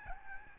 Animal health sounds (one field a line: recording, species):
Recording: mosquito wingbeat signal from an infrared sensor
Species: Aedes albopictus